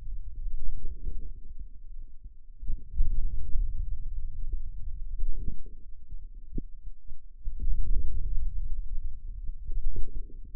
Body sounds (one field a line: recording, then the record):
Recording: forearm muscle sounds (acoustic myography)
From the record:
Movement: hand closing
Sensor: system 2, bracelet of six BSWA MPA416 microphones around the upper forearm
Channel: 5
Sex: male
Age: 22 years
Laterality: right